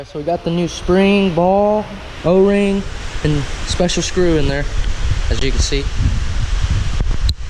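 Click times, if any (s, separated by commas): 7.3 s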